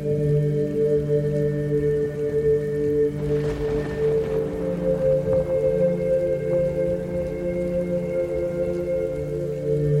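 Steady rain falls throughout, a dense, even patter. Low, sustained humming tones ring underneath the whole time, steady and unchanging. Around the three-to-four second mark a brief brighter swell of spatter rises, then settles back into the constant downpour.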